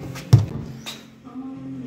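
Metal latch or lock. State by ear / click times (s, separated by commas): seated / 0.3 s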